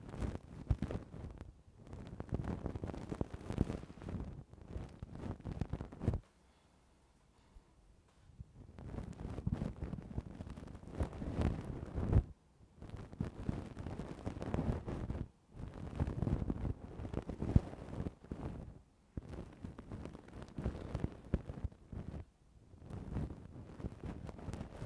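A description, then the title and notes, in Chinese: Ear-cleaning sounds with a feather stick: dense, crackly brushing and rustling that sweeps in strokes, heavy in the low end with crisp ticks on top. The scratching pauses into near silence around six to nine seconds, and briefly several more times. 快乐鸡毛棒，酥爽掏耳朵。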